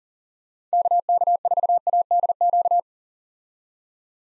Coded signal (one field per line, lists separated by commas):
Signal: Morse code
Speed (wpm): 40 wpm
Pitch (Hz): 700 Hz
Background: none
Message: KK4ADQ